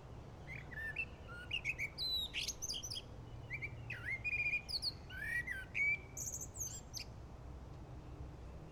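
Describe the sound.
Bird song of quick varied whistled notes and chirps, some sliding up or down, in bursts with short pauses, over a low steady rumble.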